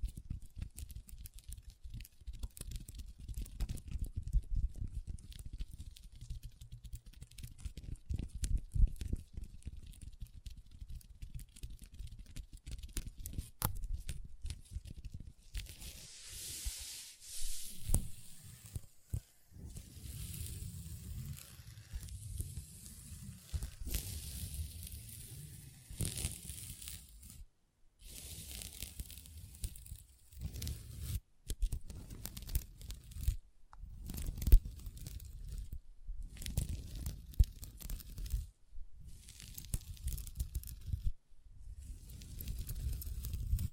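Long nails tap and scratch across a table in dense, uneven bursts, shifting from low soft thuds to brighter scraping after fifteen seconds.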